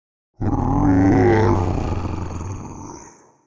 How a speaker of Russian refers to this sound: А затем раздался гулкий низкий рев.